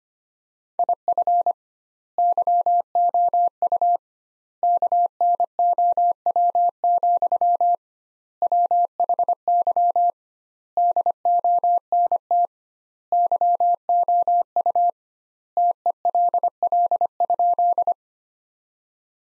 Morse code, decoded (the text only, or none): IF YOU KNOW, WHY DONT YOU TELL?